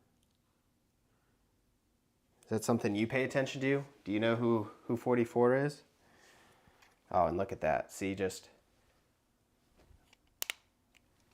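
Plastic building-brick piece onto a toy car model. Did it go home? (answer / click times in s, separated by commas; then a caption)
yes / 10.4 s, 10.5 s. Someone talks while building a Lego Mercedes Speed Champions F1 car, then a plastic building-brick piece is pressed onto the toy car model. It snaps into place with a sharp, satisfying double click at 10.4 and 10.5 seconds, and the piece is seated.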